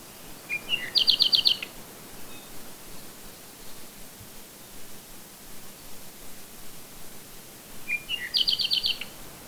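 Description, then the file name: Bird song: two brief bursts of rapid high ticking notes, each led by a couple of lower chirps, separated by several seconds of quiet with faint background hiss. "manu birdsongs"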